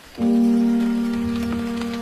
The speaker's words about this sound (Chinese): 她喜欢听大颗大颗的雨点儿打在她小小的壳上的声音，那就像有人在砰砰地敲门。